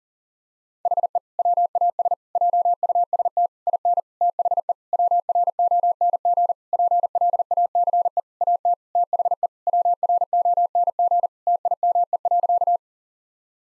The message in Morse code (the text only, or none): HE WAS JUST IN THE WRONG PLACE AT THE WRONG TIME.